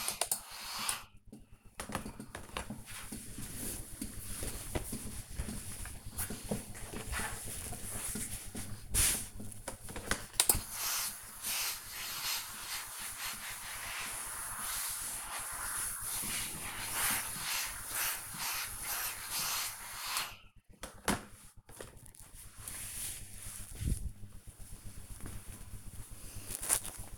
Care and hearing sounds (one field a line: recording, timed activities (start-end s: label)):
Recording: household activities, microphone on the right wrist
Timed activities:
0.00-27.18 s: ironing laundry